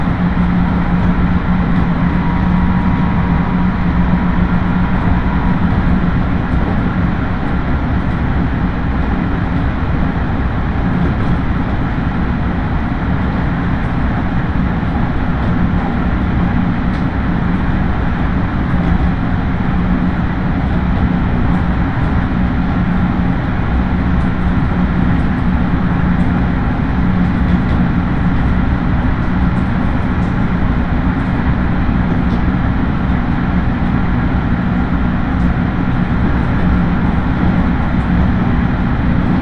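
A local train on the Tokaido Main Line runs between Toyohashi and Nishi-Okazaki, its steady, dense rumble holding level throughout. A low hum drones underneath, and a faint tone whines above the roar in the first few seconds.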